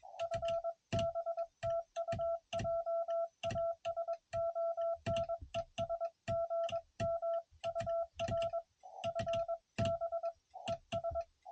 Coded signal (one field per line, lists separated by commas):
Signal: Morse code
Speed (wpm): 21 wpm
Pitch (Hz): 690 Hz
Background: none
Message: FB TU JASON ES GM UR FB ES